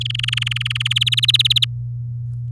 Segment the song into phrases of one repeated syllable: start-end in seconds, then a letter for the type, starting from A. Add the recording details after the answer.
0.01-0.88 A, 0.90-1.65 B. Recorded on 8 May 2018 at 12:11. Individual llb16